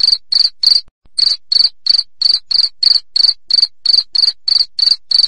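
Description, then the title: Cricket song of bright, shrill chirps in a regular series, roughly three per second, broken once by a short gap near the start. "3.suara Hujan Guntur Suara Jangkrik Dan Burung"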